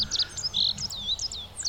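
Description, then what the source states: Rock bunting song, a quick run of high, thin, sparrow-like chirps and sliding notes, jumbled and bright, with faint low background noise. High, sparrow-like song coming from the steep cliff above.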